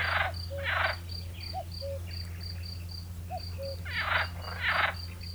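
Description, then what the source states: Field cricket giving steady, evenly spaced high chirps, broken by loud rattling frog croaks and a few short low notes in the gaps. In nature.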